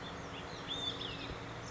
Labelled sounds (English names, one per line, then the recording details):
Olive-sided Flycatcher
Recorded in Sonoma County, California